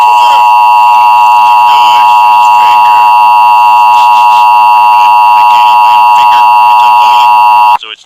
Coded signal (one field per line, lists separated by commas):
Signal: Emergency Alert System (SAME) tones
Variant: 853 and 960 Hz attention tone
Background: speech